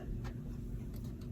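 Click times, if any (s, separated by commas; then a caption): none. A DDR5 RAM module is being handled and pressed toward the motherboard DIMM slot of a CyberPowerPC Gamer Xtreme VR gaming PC (GXiVR8040A14), where a plastic retention latch should snap shut. A steady low rumble fills the clip, with faint brief ticks near 0.3, 1.0 and 1.2 seconds. Nothing has seated or clicked yet.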